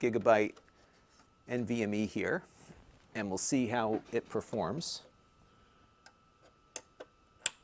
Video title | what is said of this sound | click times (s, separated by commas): Live: Testing the New Synology DS723+ NAS | It just kind of clicks right in. | 7.5 s